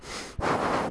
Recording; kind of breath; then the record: one breath in and out by a microphone near the nose and mouth; strong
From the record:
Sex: male